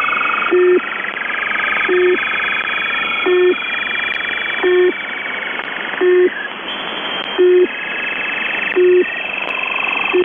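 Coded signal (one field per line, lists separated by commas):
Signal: channel marker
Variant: UVB-76 (The Buzzer)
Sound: eight short low buzzes repeating steadily, partly masked by loud game-audio jamming tones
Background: radio jamming, game audio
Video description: UVB-76 or The Buzzer is an Russian Military Station 4625kHz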